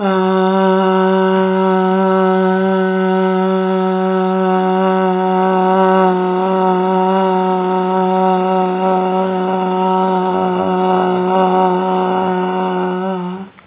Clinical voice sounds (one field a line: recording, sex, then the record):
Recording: sustained vowel /a/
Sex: female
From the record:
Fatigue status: no fatigue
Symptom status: symptomatic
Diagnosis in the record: COVID-19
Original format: 3gp